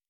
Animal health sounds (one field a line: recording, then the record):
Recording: hydrophone in a shrimp aquaculture tank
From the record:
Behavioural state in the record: normal